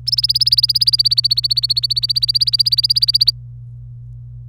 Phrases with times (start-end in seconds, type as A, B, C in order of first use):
0.07-3.31 A